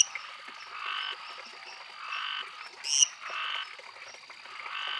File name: Dendropsophus minutus